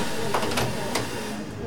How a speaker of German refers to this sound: Wir halten an! Klar, der Lokführer hat ja auch am Bremshebel gezogen. Jetzt drückt er gleich auf den Knopf, damit die Türen aufgehen.